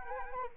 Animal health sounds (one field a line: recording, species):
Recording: mosquito wingbeat signal from an infrared sensor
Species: Anopheles arabiensis